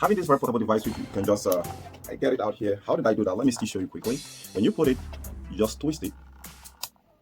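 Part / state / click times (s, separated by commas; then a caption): air hose/nozzle attachment into portable tire inflator / seated / 6.8 s. An air hose/nozzle attachment is twisted into an UPbeatplus portable tire inflator while someone talks over background music. A sharp click at 6.8 s marks the attachment snugging into place, seated and ready to inflate.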